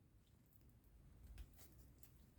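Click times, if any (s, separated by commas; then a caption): none. A shaft or part with a half-moon keyed cut is pushed into the rear differential assembly of a 1:8 scale model Audi quattro. Only faint, quiet handling noise is heard, with two brief soft ticks around 1.4 and 2.0 seconds. No click comes even though the part will not go in any further, so nothing has seated or clicked yet.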